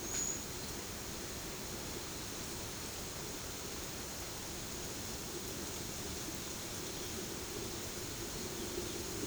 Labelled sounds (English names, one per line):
none